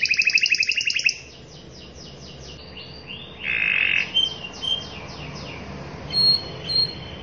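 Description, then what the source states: Canary song: a loud, rapid rattling trill for about a second, then faint descending notes, a short buzzy burst and a few thin whistles. Canary in long, lively continuous singing ('gacor panjang'), performing a fancy ('mewah') cengkok song-phrasing style.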